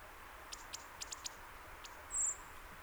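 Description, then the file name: European robin calls: several quick sharp ticks, then a single thin, very high note, with a low hiss behind. "Erithacus rubecula"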